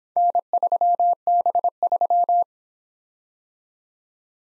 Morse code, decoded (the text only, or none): N3B3